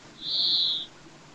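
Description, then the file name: European greenfinch giving a single drawn-out, nasal, buzzy wheeze, steady in pitch, against a quiet background. "Chloris chloris"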